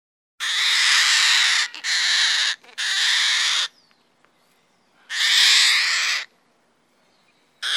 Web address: goffins cockatoo loud screeching calls